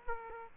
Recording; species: mosquito wingbeat signal from an infrared sensor; Aedes aegypti